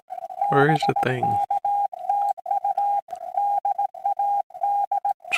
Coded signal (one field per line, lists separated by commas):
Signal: Morse code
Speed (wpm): 18 wpm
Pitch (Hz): 810 Hz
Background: speech, radio noise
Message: BK TU DAD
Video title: Saturday Morning Pota Hunt 4-4-2026